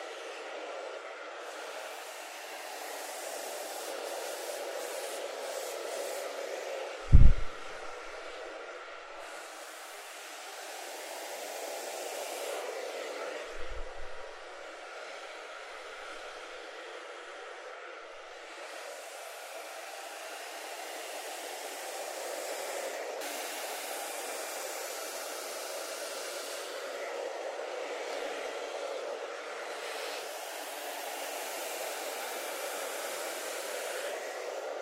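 At a hairdresser's, a hair dryer roars steadily for the whole stretch, swelling and easing, with sharp knocks near seven and fourteen seconds.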